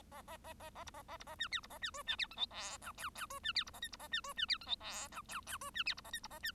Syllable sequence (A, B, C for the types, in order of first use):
A A A A A B A A B A C D B A C E C D F G H I J J E C D B A K B A C E C D F G H I J J E C D B A K B A C